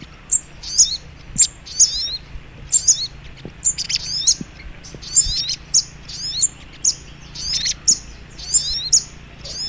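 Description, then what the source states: Little spiderhunter song of rapid, sharp, high chirps and trills, repeated about once a second, with a faint low hum underneath. Masteran training recording, labelled Labaik.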